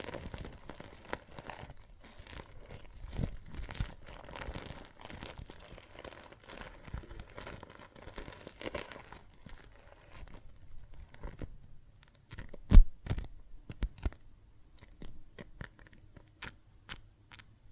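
Soapy water and foam crackle and fizz with dense, irregular little pops and crinkles, busiest in the first ten seconds. After that the bubbling thins into scattered sharper snaps, with one loud pop around the thirteenth second and a faint low hum beneath.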